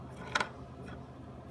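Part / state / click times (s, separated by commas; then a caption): crimped terminal pin into plastic weatherproof connector housing / seated / 0.4 s. A crimped terminal pin is pushed into a plastic weather-sealed Weather Pack connector housing until it locks. A small sharp click sounds at 0.4 s, followed by a quieter tick right after, over a low steady hum. The pin is fully seated in the housing.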